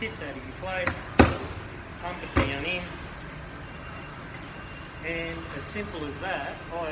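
The other side of a Blum Legrabox drawer is pushed down onto its drawer runner while someone talks. It seats with a single sharp knock at 1.2 s, and the drawer side is confirmed seated on the runner.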